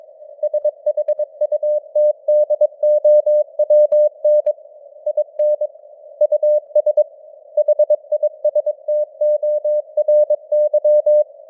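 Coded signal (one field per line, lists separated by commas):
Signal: Morse code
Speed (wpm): 22 wpm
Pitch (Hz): 600 Hz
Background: none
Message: SHUTDOWN IN US HISTORY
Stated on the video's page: Morse news headlines at 22 wpm with simulated radio noise and varying signal strength (QSB).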